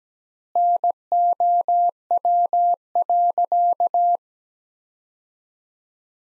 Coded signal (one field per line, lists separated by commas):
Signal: Morse code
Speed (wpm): 17 wpm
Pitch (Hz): 700 Hz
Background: none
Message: NOW.